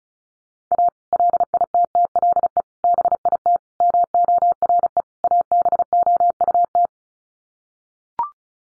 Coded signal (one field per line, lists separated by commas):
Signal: Morse code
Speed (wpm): 34 wpm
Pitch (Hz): 700 Hz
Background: none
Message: A LITTLE BIT MORE ABOUT